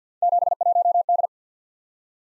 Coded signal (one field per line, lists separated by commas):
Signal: Morse code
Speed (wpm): 48 wpm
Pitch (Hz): 700 Hz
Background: none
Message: 71D